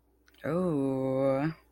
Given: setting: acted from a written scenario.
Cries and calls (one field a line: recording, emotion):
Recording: vocal sound without words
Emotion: romantic love